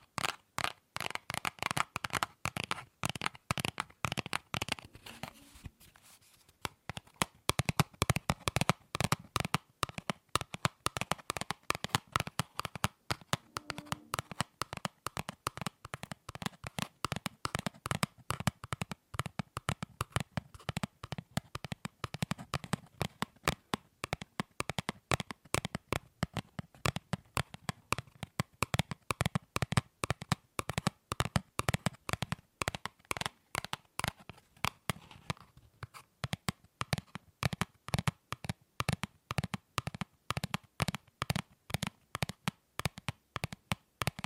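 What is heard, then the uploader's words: Sharp, crisp taps on objects repeat steadily for the whole stretch, each a bright click. The tapping runs fast and dense at first, stops briefly around six seconds, then resumes at a varying pace, sometimes evenly spaced, sometimes bunched into rapid bursts. ASMR Fast & Slow Tapping on 6 Objects No Talking.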